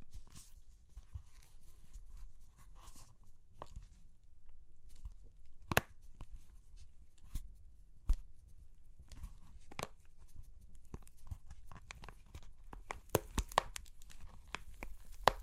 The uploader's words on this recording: Super Crunchy Clay Cracking (No Talking).